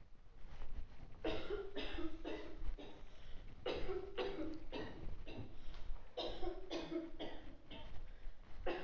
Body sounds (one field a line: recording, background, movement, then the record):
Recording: deep breathing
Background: a bystander coughing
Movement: walking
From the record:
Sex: male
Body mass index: 20.5 kg/m2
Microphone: on the chest, facing outward